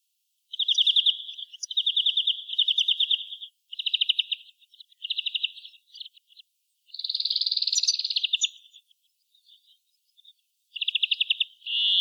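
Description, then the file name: European greenfinch singing a series of quick rattling trills in short bursts, broken by one long buzzy wheeze past the middle, then more trills. "Chloris chloris"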